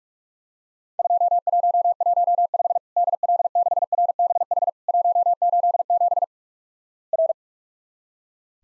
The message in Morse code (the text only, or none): 2115 DL6RBH 187 R